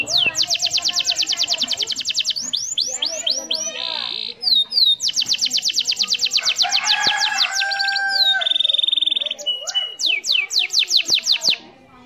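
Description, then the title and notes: Canary song of long fast trills, buzzy rattles and looping whistled phrases, repeating in varied tours with brief breaks. Canary master song, used to train other birds. "Suara Burung Kenari Masteran. master suara burung kenari mantap"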